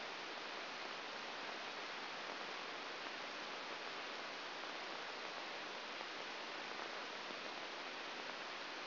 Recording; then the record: brain microelectrode recording played as sound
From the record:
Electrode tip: outside the subthalamic nucleus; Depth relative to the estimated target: -1 mm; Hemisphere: right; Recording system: AlphaMap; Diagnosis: Parkinson's disease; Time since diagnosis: 12 years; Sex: male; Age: 57 years